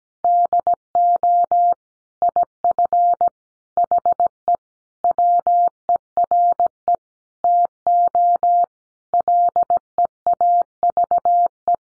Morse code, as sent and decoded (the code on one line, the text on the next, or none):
-.. --- / .. ..-. / .... . / .-- . .-. . / - --- / .-.. . .- ...- .
DO IF HE WERE TO LEAVE